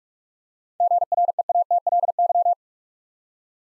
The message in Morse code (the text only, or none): GREATLY